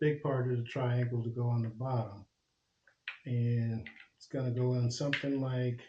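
Someone talks while handling a Brake Free smart bike brake light, holding it triangle side down to press onto its plastic mounting bracket. During a pause in the talk, brief handling sounds occur around 2.9 s and 3.1 s. Nothing has seated or clicked into place yet.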